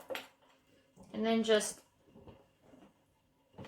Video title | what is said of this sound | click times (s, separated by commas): Sewing the Heidi clutch by Swoon Patterns | the cap on at the back till it clicks and then | 0.2 s